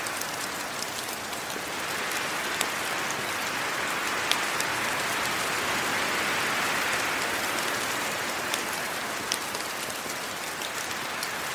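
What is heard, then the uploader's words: Rain patters steadily on leaves in a dense, even hiss that holds through the whole stretch. Sharper individual drops tick out every second or two, standing above the wash. A faint rise and fall in the hiss suggests a soft breath of wind. Forest Rain and Wind.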